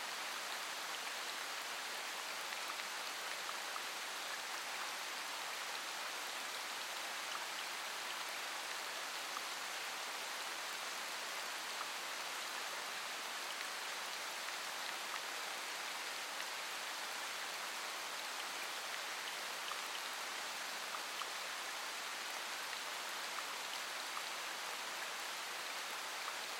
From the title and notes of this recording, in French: Le son apaisant de la pluie. Laissez-vous envelopper par le rythme tranquille de la pluie.